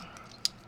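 A small folding utility knife with changeable blades is opened, and its blade locks into place in the handle with a single sharp, bright click at 0.5 s. Before and after the click there is only a faint, quiet background hiss. The blade is locked open.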